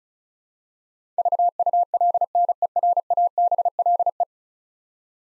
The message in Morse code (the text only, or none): VULNERABLE